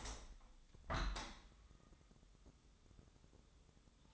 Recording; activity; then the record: daily activity, microphone in the room; open window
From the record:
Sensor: 3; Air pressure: 1014.9 hPa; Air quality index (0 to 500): 25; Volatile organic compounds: 0 ppm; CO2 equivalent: 501 ppm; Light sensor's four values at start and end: 9/22/9/9 and 10/23/9/9